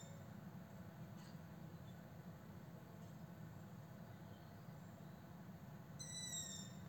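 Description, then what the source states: Owl call: a single drawn-out, slightly falling harmonic screech near the end, over a steady low rumble. Recorded 26 June 2022.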